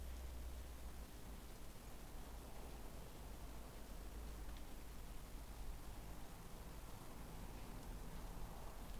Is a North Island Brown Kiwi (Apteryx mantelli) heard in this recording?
no